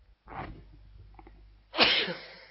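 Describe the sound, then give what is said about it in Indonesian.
A single sneeze: a short breathy inhale, a brief pause, then a loud, sharp, hissing burst that trails off quickly. No one speaks. “Alhamdulillah.”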